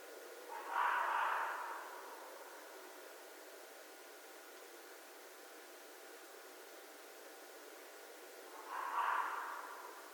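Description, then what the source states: Red fox giving two harsh, rasping screams about eight seconds apart, with quiet in between. Recorded on 13 January 2012.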